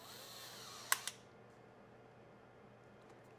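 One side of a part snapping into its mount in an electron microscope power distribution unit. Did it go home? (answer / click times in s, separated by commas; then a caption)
yes / 0.9 s, 1.1 s. One side of a part is pressed into its mount while reassembling the AC power distribution unit of an electron microscope. A steady whirring, tool-like hiss fades out as two sharp snaps ring out at 0.9 s and 1.1 s, followed by quiet. The part snaps into place and seats.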